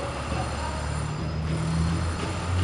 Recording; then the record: background sound without coughing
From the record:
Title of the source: 30 MINUTES Construction Site Ambience (CC BY 4.0)